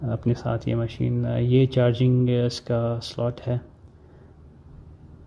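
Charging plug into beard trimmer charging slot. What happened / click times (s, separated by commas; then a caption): The charging plug was only lined up with the slot; no seating click yet / none. A charging plug is lined up with the charging slot of a beard trimmer while someone talks, followed by a quiet stretch of low background noise. Nothing has clicked or seated yet in this clip.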